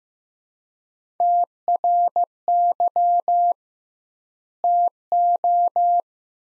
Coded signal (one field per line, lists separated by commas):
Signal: Morse code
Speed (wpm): 15 wpm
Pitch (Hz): 700 Hz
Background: none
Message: TRY TO